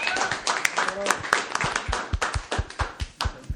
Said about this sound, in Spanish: Pues yo creo que un aplauso para todo el movimiento, ¿no? ¡Bravo!